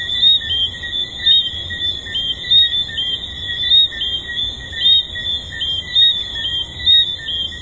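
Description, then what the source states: Tree frog chorus of continuous high ringing tones, with brighter whistled notes popping out about every second or so above a soft low rumble. Recorded at the Hedonism II resort.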